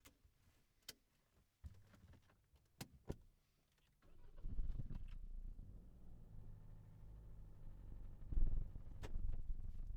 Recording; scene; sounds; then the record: everyday scene through a hearing-aid microphone; in a vehicle; other noises, engine starting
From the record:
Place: Berlingo II, diesel engine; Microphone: behind the ear, left, front